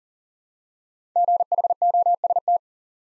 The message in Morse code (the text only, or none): GHOST